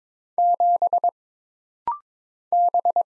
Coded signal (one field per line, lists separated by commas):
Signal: Morse code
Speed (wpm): 22 wpm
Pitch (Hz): 700 Hz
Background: none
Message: 7 B